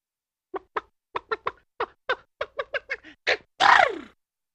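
About a dozen short, evenly spaced clucks over three seconds, then a sudden harsh, noisy burst lasting about half a second: a chicken's sneeze.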